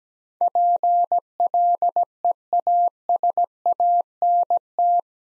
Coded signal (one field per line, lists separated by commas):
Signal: Morse code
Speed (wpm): 17 wpm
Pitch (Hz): 700 Hz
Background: none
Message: PLEASANT